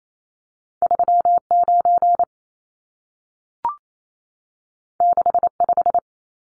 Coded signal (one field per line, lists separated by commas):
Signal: Morse code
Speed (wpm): 28 wpm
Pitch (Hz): 700 Hz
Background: none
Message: 39 65